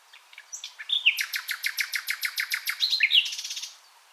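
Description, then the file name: Common nightingale song: a few whistled notes followed by a fast, loud, evenly repeated series of harsh chipping notes. "Luscinia megarhynchos"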